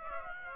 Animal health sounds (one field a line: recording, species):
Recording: mosquito wingbeat signal from an infrared sensor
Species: Aedes aegypti